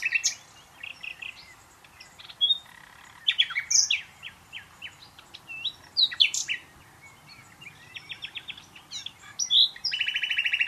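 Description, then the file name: Common nightingale song of varied chirps, whistles and short trills in irregular bursts, ending with a rapid buzzy rattle. "Luscinia megarhynchos"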